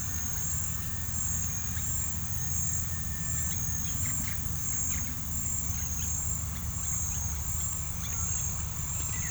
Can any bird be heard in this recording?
no